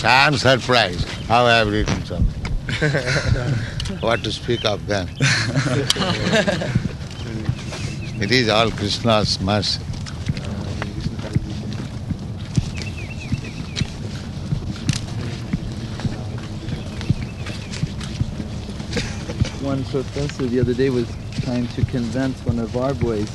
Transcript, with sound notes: I am surprised how I have written so many, what to speak of them? [laughter] It is all Kṛṣṇa's mercy.
One professor the other day was trying to convince one of our boys